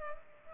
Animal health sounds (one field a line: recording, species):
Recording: mosquito wingbeat signal from an infrared sensor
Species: Culex pipiens